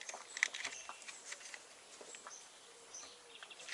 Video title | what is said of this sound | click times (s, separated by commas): "94 Jeep Wrangler 4l Spark plug change" by TC | Make sure they click | 0.4 s